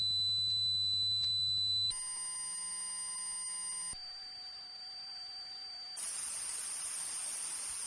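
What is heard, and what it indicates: Simulated tinnitus: a sequence of synthesized sounds, steady high-pitched ringing tones and buzzing, ending in a hiss of high-frequency noise, representing the permanent ringing or buzzing in the ears that some people hear all day.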